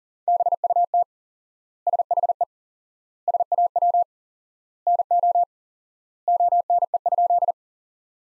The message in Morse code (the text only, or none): BUT SHE SAW NO ONE?